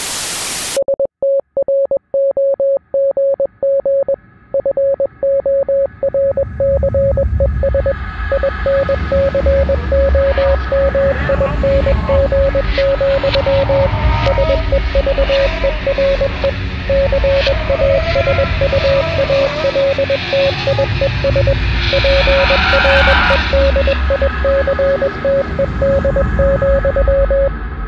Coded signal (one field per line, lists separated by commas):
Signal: Morse code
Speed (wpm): 21 wpm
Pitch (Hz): 550 Hz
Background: radio noise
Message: STROGG FORCES INCOMING, SEVERE CASUALTIES PREDICTED,